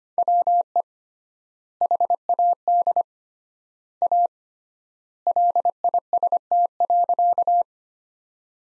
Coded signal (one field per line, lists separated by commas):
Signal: Morse code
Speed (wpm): 25 wpm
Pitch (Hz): 700 Hz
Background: none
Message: WE HAD A LIST.